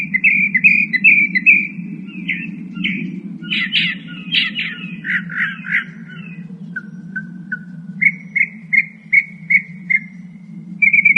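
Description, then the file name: Northern mockingbird song, changing sequences of chirps, harsh notes and whistles, each repeated several times, over a steady low hum. "kicauan-burung-northern-mockingbird -omkicau"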